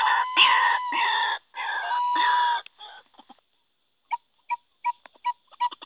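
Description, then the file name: White-breasted waterhen: several loud rasping calls, then a series of short sharp notes repeated unevenly. Call used as a lure (pikat). "suara ruak ruak pikat. omkicau"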